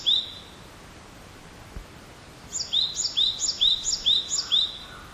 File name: great tit